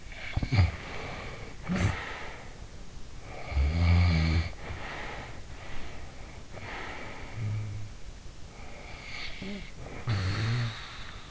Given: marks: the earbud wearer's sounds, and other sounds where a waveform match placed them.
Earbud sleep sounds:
sounds in sleep by an in-ear microphone; snoring breath
0.00-2.96 s: snoring breath
3.10-5.51 s: snoring breath
5.62-8.06 s: snoring breath
8.40-11.31 s: snoring breath

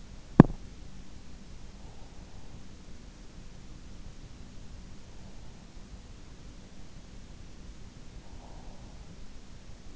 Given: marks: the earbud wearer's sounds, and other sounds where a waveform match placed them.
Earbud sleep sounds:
sounds in sleep by an in-ear microphone; teeth grinding
0.00-1.03 s: teeth grinding

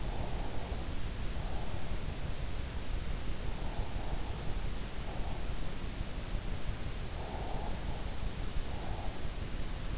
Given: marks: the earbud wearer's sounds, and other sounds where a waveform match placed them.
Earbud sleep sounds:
sounds in sleep by an in-ear microphone; breath
0.00-1.99 s: breath
7.11-9.29 s: breath

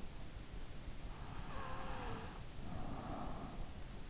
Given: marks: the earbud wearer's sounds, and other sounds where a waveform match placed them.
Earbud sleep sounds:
sounds in sleep by an in-ear microphone; breath
1.36-3.76 s: breath

